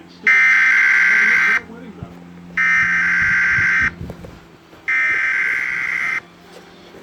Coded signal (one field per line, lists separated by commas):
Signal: Emergency Alert System (SAME) tones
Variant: header bursts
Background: speech